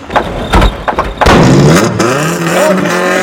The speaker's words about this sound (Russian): Кабриолет шумом уносится вдаль.